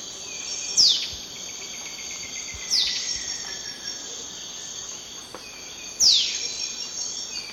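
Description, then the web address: Fulvous shrike-tanager giving three sharp, high downslurred notes, spaced irregularly about two to three seconds apart, over a steady shrill insect drone. Recorded in the eastern lowlands of South America. "Natures Songs S America Eastern Lowlands. Fulvous Shrike-Tanager"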